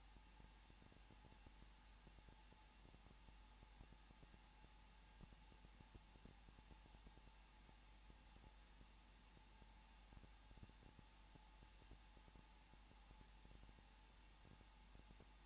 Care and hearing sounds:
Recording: daily activity, microphone in the room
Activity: no activity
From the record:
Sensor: 1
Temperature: 20.2 degrees Celsius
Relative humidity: 35.7%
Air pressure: 994.5 hPa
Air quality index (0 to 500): 182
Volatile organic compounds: 7 ppm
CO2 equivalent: 2000 ppm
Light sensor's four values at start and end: 1/2/1/1 and 1/2/1/1

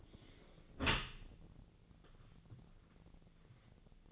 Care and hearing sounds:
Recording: daily activity, microphone in the room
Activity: close dishwasher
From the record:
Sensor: 4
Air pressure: 1001.3 hPa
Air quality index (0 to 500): 180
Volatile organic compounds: 2 ppm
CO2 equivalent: 1283 ppm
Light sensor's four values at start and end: 11/26/11/11 and 10/23/10/10

